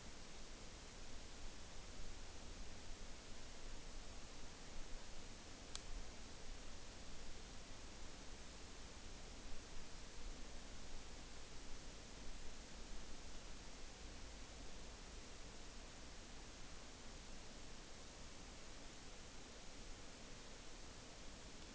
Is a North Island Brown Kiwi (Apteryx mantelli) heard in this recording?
no